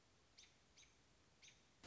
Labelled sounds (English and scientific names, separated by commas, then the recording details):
American Robin (Turdus migratorius)
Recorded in Sonoma County, California